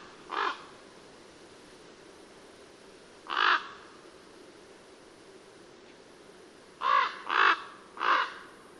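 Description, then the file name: Common raven calling with harsh, throaty croaks, single notes spaced a few seconds apart, then three in a quick burst near the end. "Corvo Imperiale"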